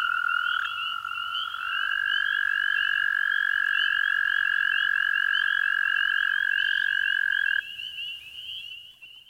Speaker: In the east, the springtime landscape comes alive with the long, dreamlike trills of American toads.